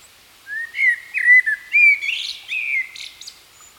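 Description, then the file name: Common blackbird song phrase: several low fluted whistles rise and fall in a warbling run, then end in a thin, harsher twittering tail. "Turdus merula"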